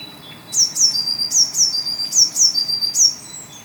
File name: Cyanistes caeruleus